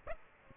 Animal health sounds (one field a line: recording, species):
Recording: mosquito wingbeat signal from an infrared sensor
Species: Aedes aegypti